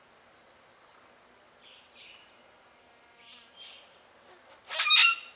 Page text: Обыкновенный гракл - Common Grackle (Quiscalus quiscula)